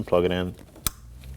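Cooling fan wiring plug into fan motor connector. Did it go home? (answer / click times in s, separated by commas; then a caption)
yes / 0.9 s. Someone talks as the radiator cooling fan's electrical wiring plug is pushed into its plastic connector on the fan motor of a 2016-2020 Kia Sorento 2.4L L4. A sharp click at 0.9 s shows the plug has seated, confirmed in place with a light tug.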